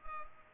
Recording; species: mosquito wingbeat signal from an infrared sensor; Culex pipiens